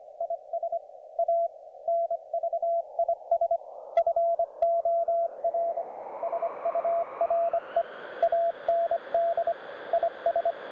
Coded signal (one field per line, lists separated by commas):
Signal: Morse code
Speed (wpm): 25 wpm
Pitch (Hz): 690 Hz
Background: radio noise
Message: IS A NVIS FOR SURE AND IS